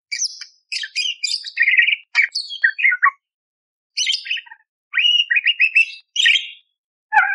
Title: Masteran Burung Parkit Gacor Jernih Isian Tembakan Kasar Cocok Buat Kacer